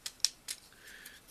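The plastic head section of a transforming action figure is raised and snapped into a small clip on its body. Sharp, bright plastic ticks come at about 0.1 s and 0.5 s, with the loudest click at 0.3 s, followed by a faint high tone. The head section clicks into place and is seated.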